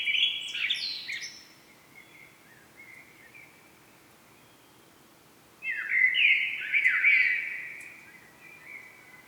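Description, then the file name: Common blackbird delivering two fluty, warbled phrases with thin, high twittering, separated by a quiet pause. "Turdus merula"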